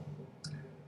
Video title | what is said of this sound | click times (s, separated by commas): Honda Odyssey slide door repair | then let the bottom wheel snap into place. | 0.5 s